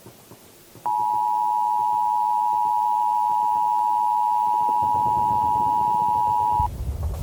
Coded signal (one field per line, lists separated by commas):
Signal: Emergency Alert System (SAME) tones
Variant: 853 and 960 Hz attention tone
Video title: EAS Scenario: Cloverfield